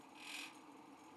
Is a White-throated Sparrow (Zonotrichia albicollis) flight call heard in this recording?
no